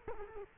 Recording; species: mosquito wingbeat signal from an infrared sensor; Culex quinquefasciatus